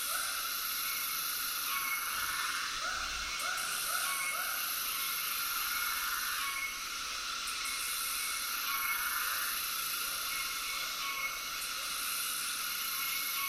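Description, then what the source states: Cicada chorus, a dense hissing buzz, over a handful of low frog croaks in short runs. Tropical soundscape with cicadas and frogs calling together.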